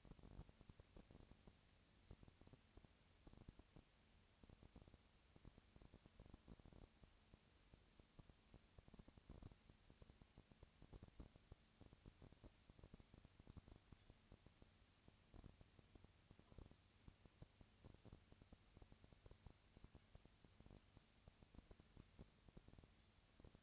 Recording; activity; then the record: daily activity, microphone in the room; no activity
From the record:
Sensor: 2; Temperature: 20.3 degrees Celsius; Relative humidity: 37.0%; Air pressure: 998.7 hPa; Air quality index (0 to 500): 236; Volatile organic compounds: 38 ppm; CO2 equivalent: 3110 ppm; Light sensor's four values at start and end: 2/3/2/2 and 2/3/2/2